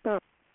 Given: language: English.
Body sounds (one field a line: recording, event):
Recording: throat vibration sensor signal played as sound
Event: speech